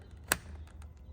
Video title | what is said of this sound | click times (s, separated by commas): Window Switch Replacement on a Ford F250 F350 Excursion. DIY. | you want to hear a little click on both | 0.3 s